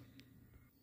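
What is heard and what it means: A plastic wiring connector with a locking clip is pushed into the gearbox mechatronic unit socket on the DSG gearbox wiring of a 2015 Skoda, part of a B116229 DSG fault code repair. A short, faint click sounds at 0.2 s over a steady low hum, and the connector is fully home.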